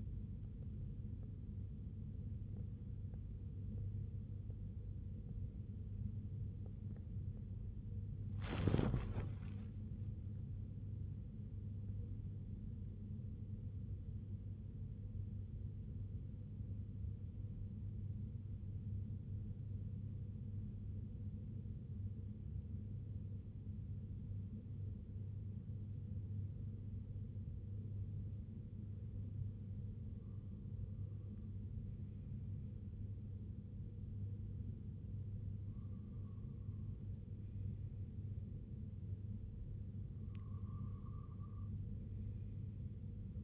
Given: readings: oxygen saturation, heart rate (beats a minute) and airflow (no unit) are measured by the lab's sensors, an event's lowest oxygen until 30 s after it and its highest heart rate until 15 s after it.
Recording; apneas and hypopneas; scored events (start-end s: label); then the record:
a person awake in a sleep study, by a smartphone at the bedside; 1
0.00-27.00 s: awake
17.00-35.00 s: hypopnea (scored as awake, oxygen 96% highest, then 92% lowest, heart rate 59 at the start, 68 highest)
26.00-43.44 s: new sleep stage, N1 (lightest sleep)
From the record:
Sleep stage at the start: awake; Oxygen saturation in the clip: 93 to 97%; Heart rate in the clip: 58 to 93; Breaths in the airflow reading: 8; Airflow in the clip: -9.5 to 10.3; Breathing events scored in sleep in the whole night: 258 in 7.4 hours asleep